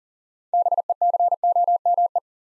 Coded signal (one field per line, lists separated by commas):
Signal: Morse code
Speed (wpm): 42 wpm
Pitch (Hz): 700 Hz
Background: none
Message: BECOME